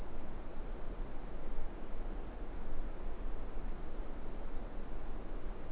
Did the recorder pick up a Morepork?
no